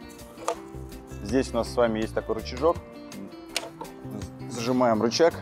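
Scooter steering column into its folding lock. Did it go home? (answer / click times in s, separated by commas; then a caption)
no / none. Someone talks over background music while folding a Kugoo M2 electric scooter: the lock is pulled, the lever is squeezed and released, and the steering column is lowered toward its folding lock, with brief sharp clacks near 0.5 s and 3.6 s. The column is handled but not yet home; nothing has seated or clicked into its folded position yet.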